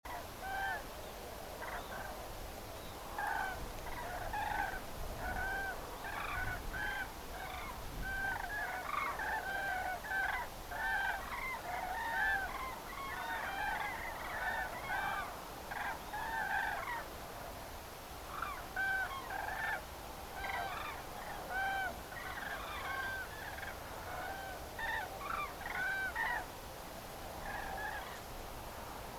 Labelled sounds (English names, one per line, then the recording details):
Common Crane
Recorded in France